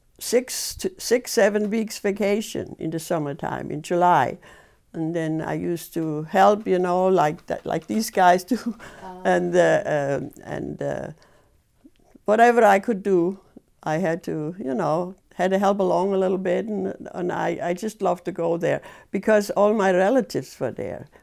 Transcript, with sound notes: six, seven weeks vacation in the summertime, in July. And then I used to help, you know like these guys do (laughs) and whatever I could do, I had to you know, had to help along a little bit and I just loved to go there because all my relatives were there.